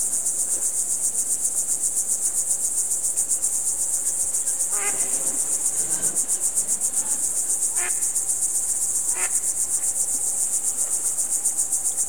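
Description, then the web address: Cricket chirping as a continuous rapid high pulse, with scattered faint calls behind it. "best service Blue Box birds ducks frogs crickets"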